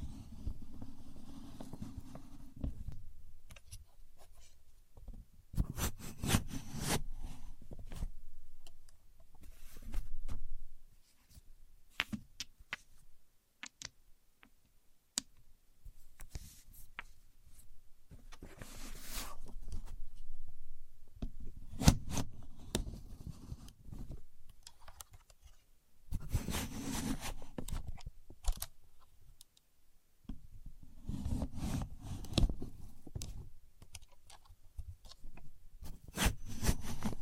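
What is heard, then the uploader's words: A contour gauge is handled with dense clicking and rattling of its pins, coming in bursts around 0–3, 6–8, 19–20 and 26–28 seconds. Between bursts come quieter scrapes and sharp isolated ticks, with a low rumble under the louder passages. Using A Contour Gauge (No Talking).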